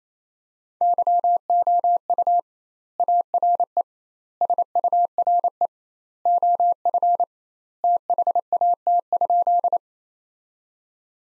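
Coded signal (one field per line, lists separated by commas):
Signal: Morse code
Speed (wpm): 28 wpm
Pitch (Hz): 700 Hz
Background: none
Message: YOU ARE SURE OF THAT?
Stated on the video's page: Sentences from the top 300 words at 28 wpm with 2x standard word spacing, a Farnsworth-like practice drill.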